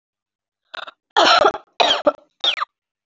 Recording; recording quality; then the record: heavy voluntary cough; excellent, no background noise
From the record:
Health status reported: healthy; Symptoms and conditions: none ticked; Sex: female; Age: 24 years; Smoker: not ticked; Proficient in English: yes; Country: India